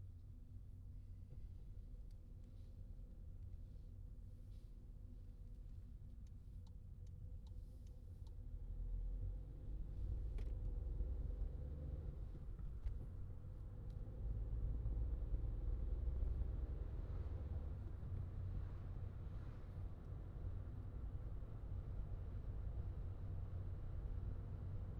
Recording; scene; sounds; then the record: everyday scene through a hearing-aid microphone; in a vehicle; engine, traffic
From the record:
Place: Skoda Fabia, gasoline engine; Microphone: in the ear canal, left